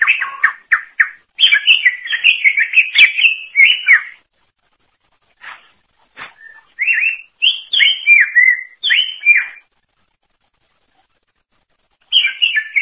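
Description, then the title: Greater green leafbird singing in bursts of sweet, slurred chirps and twittering notes, with pauses between phrases. "Cucak ijo"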